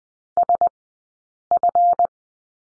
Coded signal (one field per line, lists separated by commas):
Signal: Morse code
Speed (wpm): 20 wpm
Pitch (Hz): 700 Hz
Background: none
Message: SF